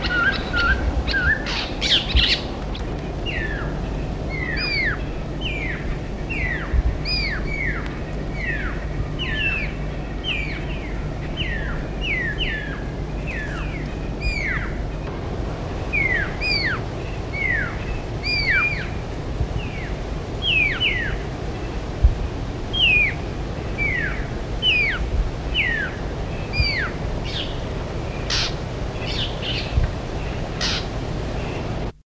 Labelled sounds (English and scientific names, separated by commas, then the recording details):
Fork-tailed Drongo (Dicrurus adsimilis)
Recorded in the wild
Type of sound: imitation
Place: Farm Frauenstein
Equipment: Halbspur, 9,5 cm/s
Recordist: Lütgens, Hans
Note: Drongos imitieren Perlkauz